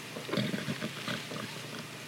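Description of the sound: A low, rough, gurgling breath noise runs irregularly, like a wet grunt, and a brief voiced sound cuts in at the end. This is the death rattle of a dying adult man in the moments just before death: secretions pooling in the throat and airways, rattling with each breath, while a woman nearby speaks to him in German.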